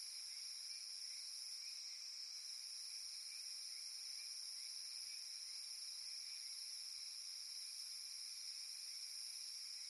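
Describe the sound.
Cicada drone, shrill and unbroken, the top tone briefly shifting near two seconds, with scattered soft low knocks throughout.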